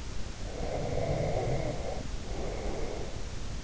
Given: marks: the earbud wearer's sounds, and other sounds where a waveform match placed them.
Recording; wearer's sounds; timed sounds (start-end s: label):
sounds in sleep by an in-ear microphone; snoring breath
0.25-3.36 s: snoring breath